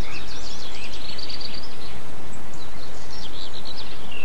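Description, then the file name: Birds chattering in a dense run of quick high twittering notes and brief whistles throughout, set against a heavy low rumbling noise. Recorded 8 April 2007 on an MZ-N710 recorder. "MZ-N 710 Chants d oiseaux 8 04 07 extrait"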